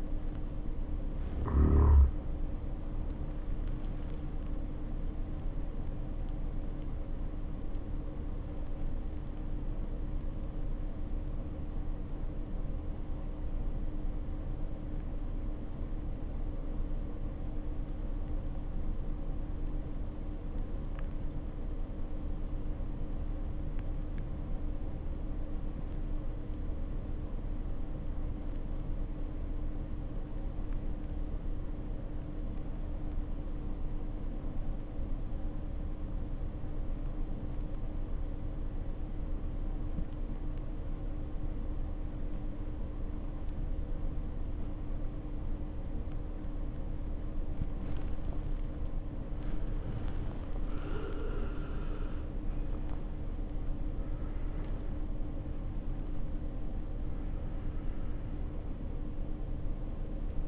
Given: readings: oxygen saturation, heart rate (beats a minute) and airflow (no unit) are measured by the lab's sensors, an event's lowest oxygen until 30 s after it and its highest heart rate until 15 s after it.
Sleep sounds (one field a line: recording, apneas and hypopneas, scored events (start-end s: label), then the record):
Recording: breathing in sleep by a smartphone at the bedside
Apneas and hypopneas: 1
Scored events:
7.00-48.80 s: obstructive apnea (REM, oxygen 94% highest, then 73% lowest, heart rate 58 at the start, 83 highest)
From the record:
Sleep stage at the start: REM sleep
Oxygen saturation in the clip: 73 to 95%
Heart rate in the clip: 57 to 83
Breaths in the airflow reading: 4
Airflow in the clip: -9.5 to 12.0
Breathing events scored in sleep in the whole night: 520 in 7.2 hours asleep